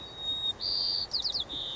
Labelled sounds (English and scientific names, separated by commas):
White-crowned Sparrow (Zonotrichia leucophrys)